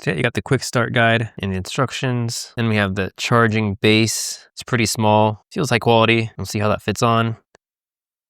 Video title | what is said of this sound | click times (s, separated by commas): Is Ringconn Gen 2 Air the Best Budget Smart Ring? [Unboxing] | Perfect. It's magnetic, so it snaps right in. | 7.5 s